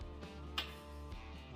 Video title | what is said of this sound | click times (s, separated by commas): VW 40hp Engine build Part 4 The Assembly! | that one dropped in i'm sure i don't know if you heard the click you just spin them until they line up | 0.6 s